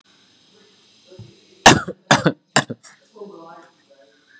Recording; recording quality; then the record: shallow voluntary cough; excellent, no background noise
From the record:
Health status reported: COVID-19 positive, mild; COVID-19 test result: positive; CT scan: not taken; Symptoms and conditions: none ticked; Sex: male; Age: 24 years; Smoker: no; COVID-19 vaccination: both doses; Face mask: not worn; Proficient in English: yes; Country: India